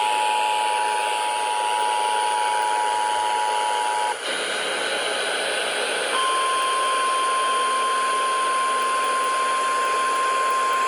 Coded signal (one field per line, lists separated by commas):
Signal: Emergency Alert System (SAME) tones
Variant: 853 and 960 Hz attention tone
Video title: EAS #320 Severe Thunderstom Warning for Bladen County on WRCQ